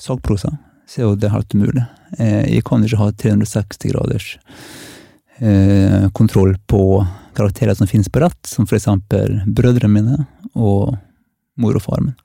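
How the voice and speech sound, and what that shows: Norwegian speech from an adult man with lifelong stuttering that he has tried to hide, taking detours in language for 40 years to conceal it. He uses filled pauses ('eh'), stretched sounds and halting gaps.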